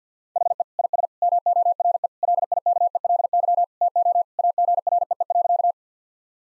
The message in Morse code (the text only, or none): HE IS MORE LIKELY TO AGREE.